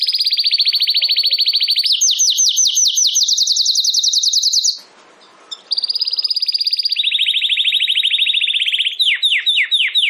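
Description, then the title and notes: Domestic canary song made of rapid trills changing pitch, a brief pause, then more trills ending in slower downward-swept notes. Belgian canary (Campainha) singing. "Canário Belga Campainha Canary Singing. Canario Belga Cantando"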